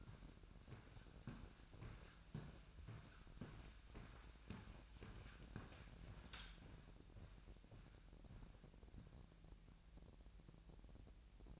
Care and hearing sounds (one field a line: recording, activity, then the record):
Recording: daily activity, microphone in the room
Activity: walk to room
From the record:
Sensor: 2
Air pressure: 1012.1 hPa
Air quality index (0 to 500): 142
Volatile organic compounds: 2 ppm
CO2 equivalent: 1033 ppm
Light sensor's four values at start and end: 84/201/83/81 and 89/214/88/87